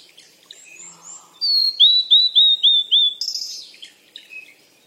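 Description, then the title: Bird song with a series of quick downslurred whistled notes at an even pace, ending in a buzzy high burst and a few soft chirps. Birds playing. "鸟儿嬉戏声"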